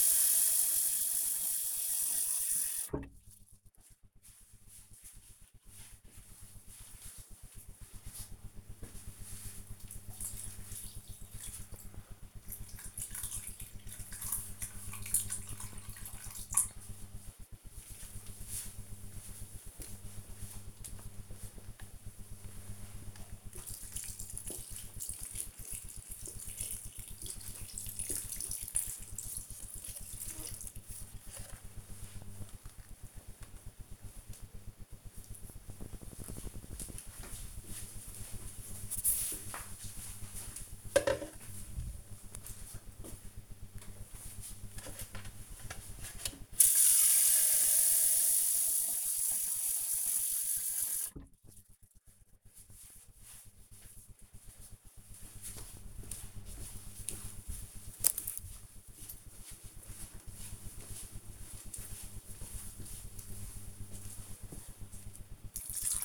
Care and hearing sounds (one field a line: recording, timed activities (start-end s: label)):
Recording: household activities, microphone on the right wrist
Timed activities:
0.00-33.15 s: watering plant
43.23-66.05 s: watering plant